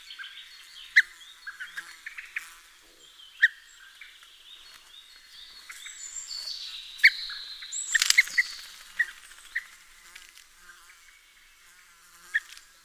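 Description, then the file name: Common blackbird calls, a few abrupt sharp clicks scattered throughout, amid a busy background of whistled and warbled notes. "Turdus merula"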